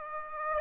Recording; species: mosquito wingbeat signal from an infrared sensor; Aedes aegypti